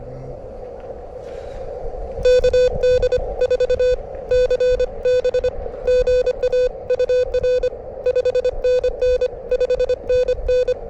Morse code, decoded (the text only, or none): KD4CB GA UR 5NN 5NN